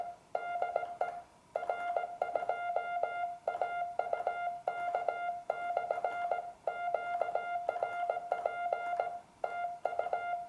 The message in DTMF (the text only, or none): none